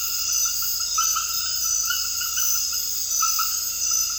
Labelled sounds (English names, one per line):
none